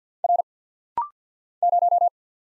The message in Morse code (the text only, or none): R 0